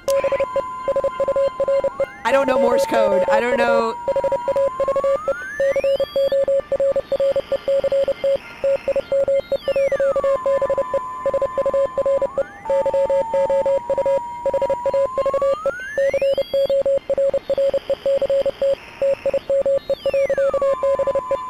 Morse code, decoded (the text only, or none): BE SURE YOU HAVE CORRECT TIME. BE SURE YOU HAVE CORRECT TIME. BE